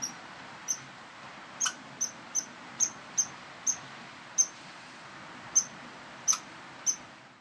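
Rodent giving tiny high-pitched squeaks at uneven intervals over a soft background hiss.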